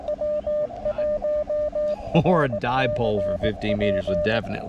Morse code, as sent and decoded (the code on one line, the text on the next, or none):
.-- .---- .-. -.-. .--.
W1RCP